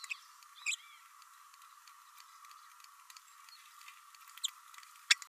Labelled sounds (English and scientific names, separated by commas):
Green-rumped Parrotlet (Forpus passerinus) babbling